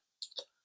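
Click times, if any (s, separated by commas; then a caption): 0.2 s. The cap of an Argos Triumph of Bacchus Extrait perfume bottle is pushed back onto the spray neck and clicks into place at 0.2 s with a sharp, bright snap. A smaller tick and a fuller knock follow at 0.3 s and 0.4 s. The cap is seated firmly; it is not magnetic but solid and will not come off.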